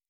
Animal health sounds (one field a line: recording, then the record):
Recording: hydrophone in a shrimp aquaculture tank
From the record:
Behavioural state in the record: normal